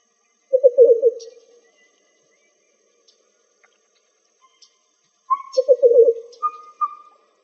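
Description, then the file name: Least bittern calling twice with low, rapid pulsed coos that trail off, separated by a quiet gap, with a few thin whistled notes from another bird. Recorded in Arizona on 4 October 2004. "AZFO LEBI 3"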